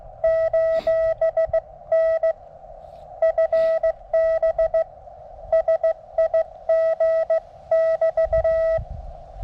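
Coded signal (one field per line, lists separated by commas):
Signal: Morse code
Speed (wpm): 17 wpm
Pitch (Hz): 650 Hz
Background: none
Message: :N FB SIG<BT>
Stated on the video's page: Live QRP CW contacts on 20 m with a Mountain Topper MTR-3B into a resonant 17-foot whip with radials, no tuner.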